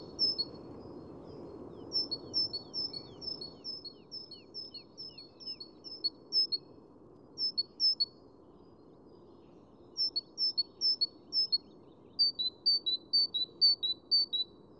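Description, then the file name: Great tit song in several bursts of high two-note phrases, each note pair dropping in pitch, separated by short pauses, with a low rumbling background. "Parus major"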